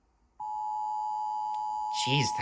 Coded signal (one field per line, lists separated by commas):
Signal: Emergency Alert System (SAME) tones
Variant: 853 and 960 Hz attention tone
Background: speech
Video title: Maryland May 2026 Statewide Required Monthly Test - EAS 99-102